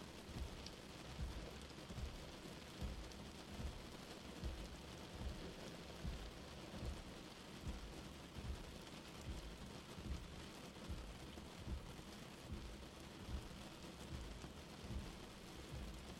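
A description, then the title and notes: Old music plays muffled in another room, mostly a soft, regular low thump of bass and beat under a steady hiss. A crackling fire adds fine, dense pops throughout, and the whole mix stays even and unchanging for the full length. Vintage Oldies playing in another room (falling snow &fire sounds ). (music from '20s, '30s, '40s) and it is sounding like it is coming from another room. You can hear the vintage oldies music from a distance like in a dream.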